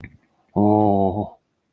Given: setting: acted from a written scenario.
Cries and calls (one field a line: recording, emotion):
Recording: vocal sound without words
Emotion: fear